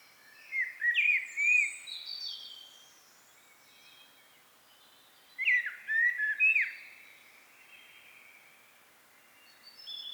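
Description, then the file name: Common blackbird song: two clear fluted warbling phrases about five seconds apart, each followed by faint high twittering, then a further phrase beginning at the end. "Turdus merula"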